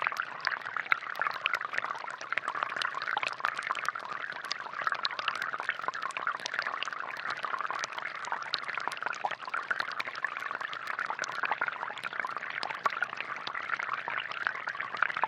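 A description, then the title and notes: Underwater hydrophone sound: a dense, steady crackle of countless tiny clicks and pops, bright and busy, with nothing low. Underwater hydrophone recording taken in Labrador Park, Singapore. Recorded by Marcel Gnauk.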